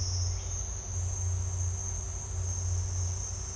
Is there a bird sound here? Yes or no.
no